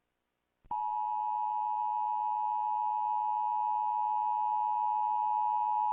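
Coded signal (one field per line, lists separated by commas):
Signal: Emergency Alert System (SAME) tones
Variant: 853 and 960 Hz attention tone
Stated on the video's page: Mock EAS/EBS videos with valid tones.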